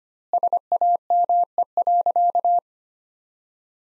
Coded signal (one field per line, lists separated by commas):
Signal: Morse code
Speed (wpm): 25 wpm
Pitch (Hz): 700 Hz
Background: none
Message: SAME.